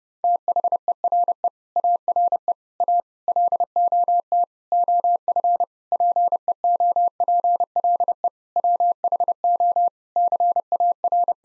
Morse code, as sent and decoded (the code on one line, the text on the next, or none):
- .... . .-. . / .- .-. . / .- / .-.. --- - / --- ..-. / .--. . --- .--. .-.. . / .-- .... --- / -.-. .- .-.
THERE ARE A LOT OF PEOPLE WHO CAR